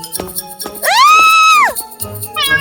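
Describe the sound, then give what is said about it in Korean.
A cute cat, jumping out of a box as it is opened, gives one long, drawn-out meow that rises and then falls in pitch, followed by the start of a shorter second meow, over quiet background noise. “샘이 상자를 열자 귀여운 고양이가 뛰어나왔죠.”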